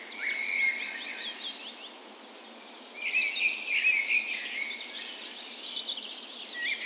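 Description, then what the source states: Birds in a birds, a bright warbling phrase early, a brief lull, then a louder burst of overlapping whistles and trills. Birds' birds in a park west in Bergen, Norway, on the morning of 17 May (National Day) in full spring; recorded with a Sony PCM A10 and LOM micro Usi microphones as tree ears.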